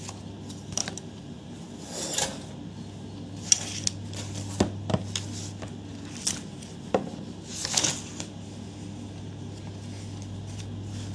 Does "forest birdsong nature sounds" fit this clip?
no